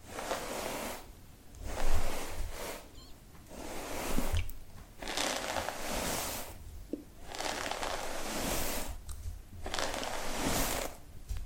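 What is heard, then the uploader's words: Soft brushing strokes repeat at a steady pace, each a short rasping swish of about a second separated by brief quiet gaps. A low, faint rumble sits underneath, with an occasional small click or tap between strokes. ASMR Applying Makeup, Hair & Nails.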